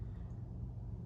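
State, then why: Not seated. A metal swing-out leg on a Soto Amicus portable camp stove burner is being handled as it is folded out toward its locked position. Only a steady low rumble is heard for 1.1 seconds, with no sharp sounds. Nothing has seated or clicked yet.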